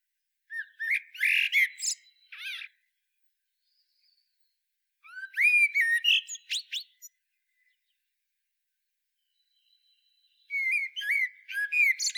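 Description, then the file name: Eurasian blackbird singing three phrases spaced roughly five seconds apart; each phrase is a fluted warble that breaks into high, scratchy twittering notes. "Turdus merula"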